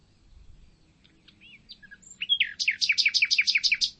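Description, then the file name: Common nightingale song starting with soft, scattered whistles that build into loud, rapidly repeated notes. "Luscinia megarhynchos"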